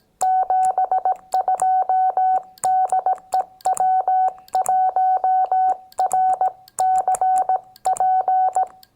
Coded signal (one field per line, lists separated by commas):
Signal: Morse code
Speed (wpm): 18 wpm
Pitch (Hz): 750 Hz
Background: none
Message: 72 DE W1RCP